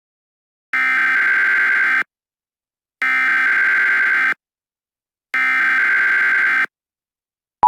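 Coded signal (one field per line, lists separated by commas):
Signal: Emergency Alert System (SAME) tones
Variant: header bursts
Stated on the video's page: Fictional EAS scenario; its alert sounds include those of the 2011 first national EAS test.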